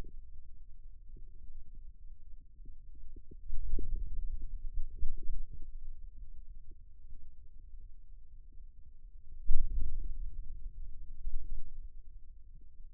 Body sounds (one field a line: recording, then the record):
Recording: forearm muscle sounds (acoustic myography)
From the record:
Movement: radial deviation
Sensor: system 2, bracelet of six BSWA MPA416 microphones around the upper forearm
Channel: 1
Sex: male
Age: 22 years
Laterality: right